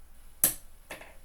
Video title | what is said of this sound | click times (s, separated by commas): Cricut Learning Plan Kit Paper Tutorial | hear that click | 0.4 s